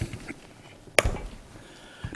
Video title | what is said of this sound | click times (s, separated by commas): 0471 Feeder Grounding Details r1a New | hear that click | 1.0 s